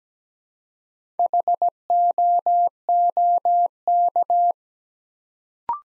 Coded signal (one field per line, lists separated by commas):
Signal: Morse code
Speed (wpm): 17 wpm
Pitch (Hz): 700 Hz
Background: none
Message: HOOK